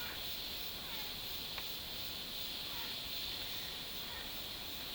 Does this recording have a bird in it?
no